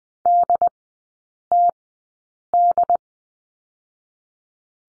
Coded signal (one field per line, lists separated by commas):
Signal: Morse code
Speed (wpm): 20 wpm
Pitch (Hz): 700 Hz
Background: none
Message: DTD